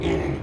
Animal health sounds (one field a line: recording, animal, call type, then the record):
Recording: contact call of a hoofed animal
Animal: pig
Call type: closed-mouth grunt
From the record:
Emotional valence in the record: negative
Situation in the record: short social isolation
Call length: 0.43 s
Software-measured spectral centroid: 1500 Hz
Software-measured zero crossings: 1030 a second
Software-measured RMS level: -24 dBFS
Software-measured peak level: -12 dBFS